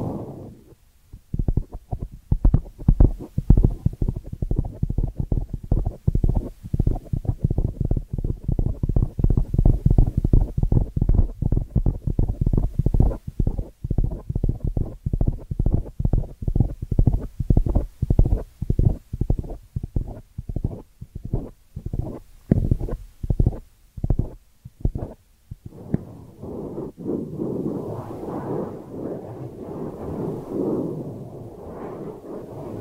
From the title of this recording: Ear Cleaning Triggers